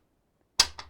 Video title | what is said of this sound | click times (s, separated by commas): Live & Unscripted Custom Quilting - "The Mountains are Calling" | but it snaps right into place and now i've got me a nice sturdy working surface | 0.6 s